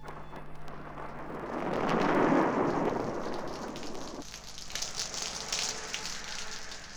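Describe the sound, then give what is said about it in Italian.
Torrential, summer-like warm rain pours down in a dense, steady roar, swelling with a deep rumble early on before settling into a brighter, hissing patter of drops for the rest. “Piove. Piove a torrenti, come d'estate.”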